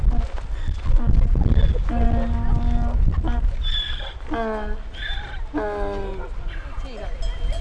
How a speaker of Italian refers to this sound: Guarda, c'è l'asino.